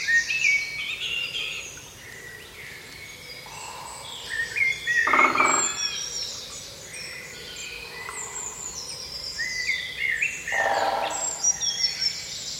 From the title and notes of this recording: British Woodland On Spring Morning. I recently discovered a pocket of quiet while hiking in my local patch in Surrey. A wooded valley nestled between two hills with a small brook at the bottom.